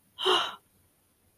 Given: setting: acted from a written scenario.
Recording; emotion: vocal sound without words; relief